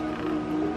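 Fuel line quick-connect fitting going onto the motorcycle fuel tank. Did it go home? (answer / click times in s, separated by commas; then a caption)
no / none. A fuel line quick-connect fitting is pushed into place as a $3,000 carbon fuel tank is lowered onto an M1000RR motorcycle. Only a steady, droning hum with a low tonal band is heard, with no sharp transients. Nothing has clicked or latched; the fitting has not clicked in.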